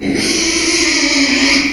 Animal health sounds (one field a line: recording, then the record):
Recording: squeal of a Yucatan mini pig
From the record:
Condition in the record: after surgery on the right vocal fold (resection and tissue-engineered implant)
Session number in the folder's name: 2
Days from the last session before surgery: 13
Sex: male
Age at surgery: 12 weeks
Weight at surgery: 13 kg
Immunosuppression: cyclosporine, prednisolone